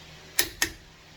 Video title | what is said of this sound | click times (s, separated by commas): How to install wheel spacers on 2012 Jeep Wrangler | you then place that on each lug and you push down on it until you hear it click | 0.4 s, 0.6 s